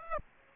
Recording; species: mosquito wingbeat signal from an infrared sensor; Aedes aegypti